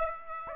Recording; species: mosquito wingbeat signal from an infrared sensor; Aedes aegypti